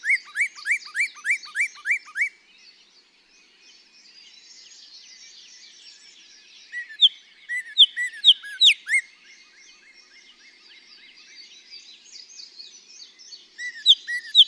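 Northern Cardinal song: a fast run of repeated down-slurred notes, with other birds singing in the background.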